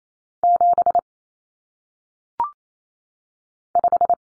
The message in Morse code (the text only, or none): 7 5